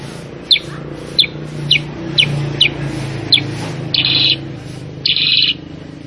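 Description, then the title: Sooty-headed bulbul calling with a series of short, sharp high chirps about half a second apart, followed by two harsh buzzy bursts, over a low steady hum. Caged-bird training (masteran) recording of a persistently singing, 'super gacor' sooty-headed bulbul, meant to get other kept birds to answer and copy its song. "Masteran Kutilang Sutra. Kutilang Sutra mana YANG GAK NYAUT dan IKUT BUNYI GACOR dengan suara Kutilang Sutra Super GACOR Ini"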